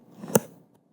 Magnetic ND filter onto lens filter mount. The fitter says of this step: it clicks in place so it actually locks in place if